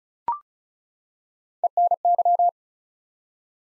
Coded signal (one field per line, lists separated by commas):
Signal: Morse code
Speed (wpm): 36 wpm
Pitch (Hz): 700 Hz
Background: none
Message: ENY